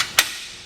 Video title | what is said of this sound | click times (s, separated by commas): Installation Guide for the RockyMounts MonoRail Bike Rack for 2 Bikes on a 2022 Kia Telluride | when you fold this spike rack up you're going to hear an audible click | 0.2 s